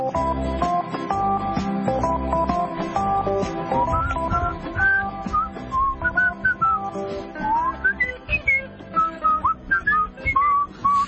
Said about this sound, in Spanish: Uy, ¿usted silba de una manera muy rara? O sea, aprendí a silbar así cuando me pusieron aparatos, porque no, o sea, no podía hacer boquita para afuera y aprendí como...